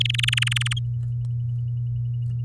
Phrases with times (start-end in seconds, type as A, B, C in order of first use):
0.00-0.73 A